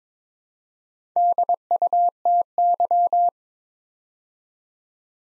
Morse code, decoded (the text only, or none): DUTY